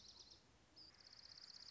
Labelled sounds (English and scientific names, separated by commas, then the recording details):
Dark-eyed Junco (Junco hyemalis)
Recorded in Sonoma County, California